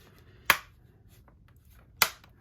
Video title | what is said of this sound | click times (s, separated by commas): Atari VCS 400/800 Comprehensive Teardown | There we go. Just snapped right into place. | 0.5 s, 2.0 s